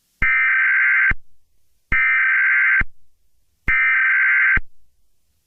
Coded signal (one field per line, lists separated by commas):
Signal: Emergency Alert System (SAME) tones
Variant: header bursts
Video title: EAS Scenario #22: Mickey Error 1 The Next Chapter